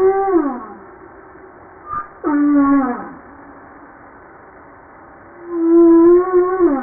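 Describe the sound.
Humpback whale song: a falling harmonic cry, then a sharp downsweep into a held tone, and later a long steady wavering note, all over soft background hiss.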